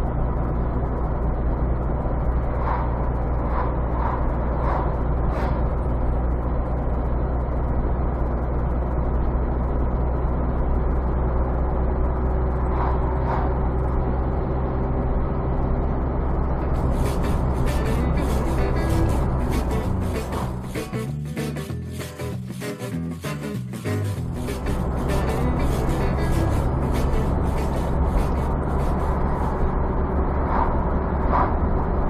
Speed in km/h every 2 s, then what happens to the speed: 64, 63, 64, 63, 66, 66, 66, 69, 70, 70, 71, 70, 71, 70, 74, 74.
0-32 speeds up to 74.